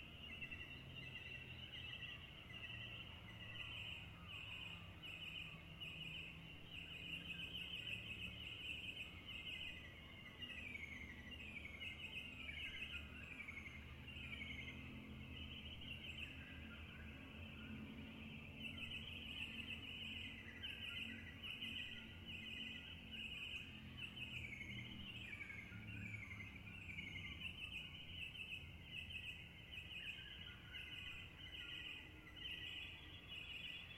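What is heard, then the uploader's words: A dawn chorus of birds rings out steadily, many overlapping chirps and whistling calls repeating high up throughout, with a constant bright thread of insect-like buzzing. Beneath it sits a low, rumbling background hum, like traffic, which never lets up. Dawn chorus, Turramurra, September 2018. Dawn chorus of birds, recorded about 5.30am while jetlagged. Recorded on a Zoom h4n recorder, topped & tailed with a touch of EQ to remove hiss.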